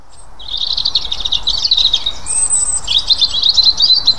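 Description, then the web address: European robin singing a rapid, jingling run of high notes, then a short pause and a higher thin whistle before another sparkling, tumbling phrase. "SETE data Erithacus rubecula"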